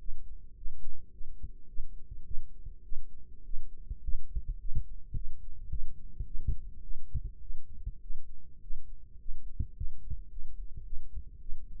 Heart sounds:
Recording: heart sounds by microphone in the left ear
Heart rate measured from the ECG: 105 bpm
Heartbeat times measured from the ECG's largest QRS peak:
0.01 s: heartbeat
0.58 s: heartbeat
1.14 s: heartbeat
1.70 s: heartbeat
2.27 s: heartbeat
2.85 s: heartbeat
3.46 s: heartbeat
4.05 s: heartbeat
4.61 s: heartbeat
5.17 s: heartbeat
5.72 s: heartbeat
6.27 s: heartbeat
6.84 s: heartbeat
7.43 s: heartbeat
8.03 s: heartbeat
8.63 s: heartbeat
9.21 s: heartbeat
9.77 s: heartbeat
10.32 s: heartbeat
10.87 s: heartbeat
11.42 s: heartbeat
From the record:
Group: healthy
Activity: rest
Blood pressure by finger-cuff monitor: 136/83 mmHg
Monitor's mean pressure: 98 mmHg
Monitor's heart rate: 105 bpm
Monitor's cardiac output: 7.7 L/min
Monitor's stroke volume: 74 mL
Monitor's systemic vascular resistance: 930 dyn s/cm5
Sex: female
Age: 37 years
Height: 168 cm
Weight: 70 kg

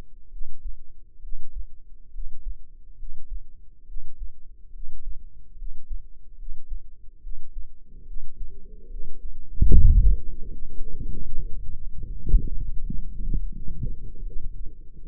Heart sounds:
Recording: heart sounds by microphone in the left ear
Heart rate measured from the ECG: 73 bpm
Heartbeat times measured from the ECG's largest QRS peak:
0.30 s: heartbeat
1.21 s: heartbeat
2.12 s: heartbeat
2.96 s: heartbeat
3.85 s: heartbeat
4.71 s: heartbeat
5.56 s: heartbeat
6.36 s: heartbeat
7.20 s: heartbeat
8.04 s: heartbeat
8.88 s: heartbeat
9.68 s: heartbeat
10.49 s: heartbeat
11.31 s: heartbeat
12.09 s: heartbeat
12.83 s: heartbeat
13.52 s: heartbeat
14.24 s: heartbeat
14.99 s: heartbeat
From the record:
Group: healthy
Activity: rest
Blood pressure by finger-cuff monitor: 107/70 mmHg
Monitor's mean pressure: 82 mmHg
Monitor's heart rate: 72 bpm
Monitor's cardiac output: 5.5 L/min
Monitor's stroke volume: 76 mL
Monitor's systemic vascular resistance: 1080 dyn s/cm5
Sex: female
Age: 22 years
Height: 160 cm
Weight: 45 kg

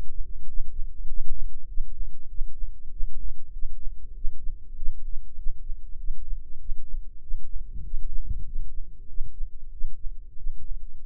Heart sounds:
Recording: heart sounds by microphone in the right ear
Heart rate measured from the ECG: 97 bpm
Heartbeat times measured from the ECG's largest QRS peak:
0.45 s: heartbeat
1.05 s: heartbeat
1.66 s: heartbeat
2.27 s: heartbeat
2.89 s: heartbeat
3.51 s: heartbeat
4.13 s: heartbeat
4.74 s: heartbeat
5.35 s: heartbeat
5.96 s: heartbeat
6.57 s: heartbeat
7.20 s: heartbeat
7.82 s: heartbeat
8.43 s: heartbeat
9.06 s: heartbeat
9.70 s: heartbeat
10.35 s: heartbeat
11.00 s: heartbeat
From the record:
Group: healthy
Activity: rest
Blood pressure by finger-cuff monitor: 106/67 mmHg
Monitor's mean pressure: 80 mmHg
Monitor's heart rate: 98 bpm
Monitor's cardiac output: 8.1 L/min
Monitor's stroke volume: 82 mL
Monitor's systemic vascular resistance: 710 dyn s/cm5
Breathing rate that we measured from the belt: 17 breaths a minute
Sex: male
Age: 19 years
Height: 178 cm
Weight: 83 kg

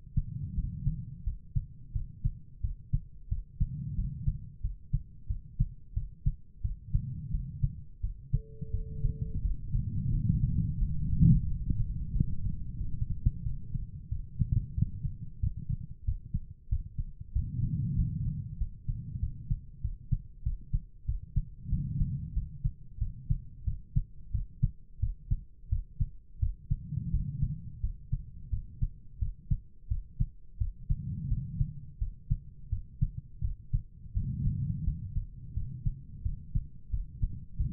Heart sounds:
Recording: heart sounds by stethoscope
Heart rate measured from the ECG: 89 bpm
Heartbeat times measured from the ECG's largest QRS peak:
0.54 s: heartbeat
1.23 s: heartbeat
1.91 s: heartbeat
2.60 s: heartbeat
3.27 s: heartbeat
3.94 s: heartbeat
4.60 s: heartbeat
5.26 s: heartbeat
5.93 s: heartbeat
6.60 s: heartbeat
7.30 s: heartbeat
8.00 s: heartbeat
8.70 s: heartbeat
9.41 s: heartbeat
10.10 s: heartbeat
10.78 s: heartbeat
11.45 s: heartbeat
12.11 s: heartbeat
12.77 s: heartbeat
13.42 s: heartbeat
14.08 s: heartbeat
14.74 s: heartbeat
15.39 s: heartbeat
16.04 s: heartbeat
16.68 s: heartbeat
17.32 s: heartbeat
17.94 s: heartbeat
18.57 s: heartbeat
19.19 s: heartbeat
19.80 s: heartbeat
20.42 s: heartbeat
21.04 s: heartbeat
21.68 s: heartbeat
22.32 s: heartbeat
22.97 s: heartbeat
23.63 s: heartbeat
24.30 s: heartbeat
24.99 s: heartbeat
25.68 s: heartbeat
26.38 s: heartbeat
27.10 s: heartbeat
27.80 s: heartbeat
28.49 s: heartbeat
29.18 s: heartbeat
29.87 s: heartbeat
30.57 s: heartbeat
31.27 s: heartbeat
31.97 s: heartbeat
32.68 s: heartbeat
33.40 s: heartbeat
34.12 s: heartbeat
34.83 s: heartbeat
35.53 s: heartbeat
36.22 s: heartbeat
36.89 s: heartbeat
37.56 s: heartbeat
From the record:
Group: healthy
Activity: rest 0-10 s, cold pressor test 10-38 s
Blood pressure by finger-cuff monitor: 111/66 mmHg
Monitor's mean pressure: 82 mmHg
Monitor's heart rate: 87 bpm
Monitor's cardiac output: 6.6 L/min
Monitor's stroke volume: 76 mL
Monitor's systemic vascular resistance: 910 dyn s/cm5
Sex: female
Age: 43 years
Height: 160 cm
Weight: 90 kg

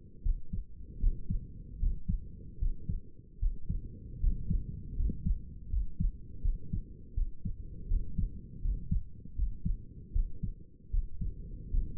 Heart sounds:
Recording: heart sounds by stethoscope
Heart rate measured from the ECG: 78 bpm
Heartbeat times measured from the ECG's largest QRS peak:
0.22 s: heartbeat
0.99 s: heartbeat
1.79 s: heartbeat
2.58 s: heartbeat
3.38 s: heartbeat
4.19 s: heartbeat
4.95 s: heartbeat
5.69 s: heartbeat
6.41 s: heartbeat
7.14 s: heartbeat
7.87 s: heartbeat
8.61 s: heartbeat
9.35 s: heartbeat
10.12 s: heartbeat
10.90 s: heartbeat
11.70 s: heartbeat
From the record:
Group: healthy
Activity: rest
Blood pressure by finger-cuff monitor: 114/77 mmHg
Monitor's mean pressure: 84 mmHg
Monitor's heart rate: 79 bpm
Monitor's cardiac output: 6.4 L/min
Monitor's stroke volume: 79 mL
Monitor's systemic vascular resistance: 960 dyn s/cm5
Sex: male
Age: 35 years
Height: 180 cm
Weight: 86.9 kg

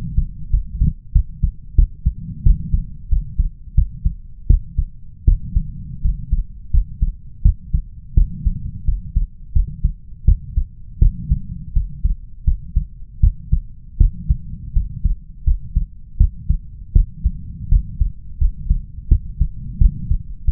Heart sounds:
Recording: heart sounds by stethoscope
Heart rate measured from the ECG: 84 bpm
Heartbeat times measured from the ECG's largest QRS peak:
0.50 s: heartbeat
1.12 s: heartbeat
1.75 s: heartbeat
2.43 s: heartbeat
3.08 s: heartbeat
3.74 s: heartbeat
4.47 s: heartbeat
5.24 s: heartbeat
6.01 s: heartbeat
6.71 s: heartbeat
7.42 s: heartbeat
8.14 s: heartbeat
8.85 s: heartbeat
9.52 s: heartbeat
10.25 s: heartbeat
10.99 s: heartbeat
11.73 s: heartbeat
12.44 s: heartbeat
13.20 s: heartbeat
13.97 s: heartbeat
14.73 s: heartbeat
15.44 s: heartbeat
16.17 s: heartbeat
16.93 s: heartbeat
17.68 s: heartbeat
18.38 s: heartbeat
19.08 s: heartbeat
19.78 s: heartbeat
20.45 s: heartbeat
From the record:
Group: healthy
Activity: rest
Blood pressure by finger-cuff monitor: 143/107 mmHg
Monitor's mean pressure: 136 mmHg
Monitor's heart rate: 88 bpm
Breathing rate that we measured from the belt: 20 breaths a minute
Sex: male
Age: 21 years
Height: 180 cm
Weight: 67.5 kg

